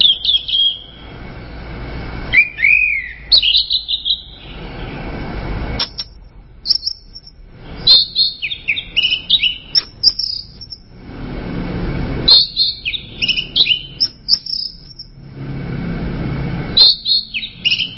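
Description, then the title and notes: Bird song with bright whistled and twittering phrases in quick bursts, separated by short pauses, over a soft hissing background. "Bird Sound. Kicau Burung Lengkap"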